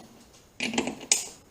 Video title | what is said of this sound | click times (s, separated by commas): S197 Mustang Viking Shock Lower Bearing Upgrade by KellTrac - Installation & Overview | Oh, did you hear it snap? | 1.1 s